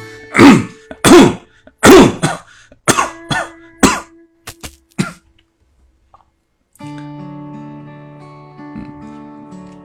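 A run of about nine short, harsh coughs in five seconds, then silence and a low room hum.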